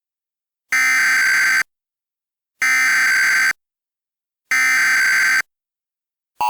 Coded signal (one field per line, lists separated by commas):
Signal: Emergency Alert System (SAME) tones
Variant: header bursts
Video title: EAS Mock Up #9 - I Got Kal